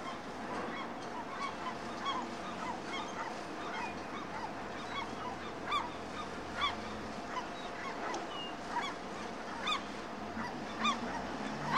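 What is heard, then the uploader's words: Seagulls cry over a fishing harbour, their short honking calls coming every second or so, some loud, others softer, with a few sharper peaks near six, seven and eleven seconds. Beneath them runs a steady low harbour murmur and a faint constant hum. The Serene Sounds of a Fishing Harbour and Seagulls. The cries of seagulls blend seamlessly with the ambient sounds of the harbor. The rhythmic sound of waves gently lapping against the docks. The harbor at dawn.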